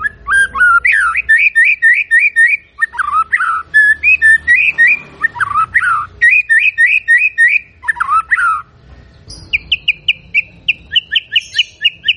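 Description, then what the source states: White-rumped shama song with quick repeated whistled notes in runs, interspersed with dipping slurs, ending with high clipped repeated notes. Energetic singing shama recording used as a lure to provoke a response.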